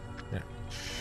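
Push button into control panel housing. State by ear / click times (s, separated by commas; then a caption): seated / 0.2 s. A replacement push button for a Spartan Ghost/Go Live is pressed into its plastic housing on the controller panel and seats with a single short mechanical click at 0.2 s. A broadband hiss rises later in the clip, and no one talks.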